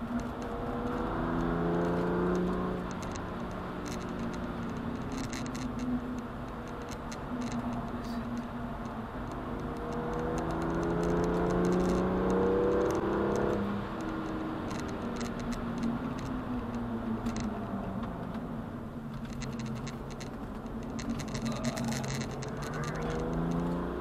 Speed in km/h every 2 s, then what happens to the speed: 119, 133, 119, 109, 111, 125, 150, 127, 82, 59, 65, 76.
0-3 speeds up to 133. 3-6 brakes to 109. 8-11 speeds up to 150. 13-18 brakes to 59. 18-24 speeds up to 76.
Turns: 4-10, 17-22.